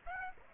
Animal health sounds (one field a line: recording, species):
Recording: mosquito wingbeat signal from an infrared sensor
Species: Aedes aegypti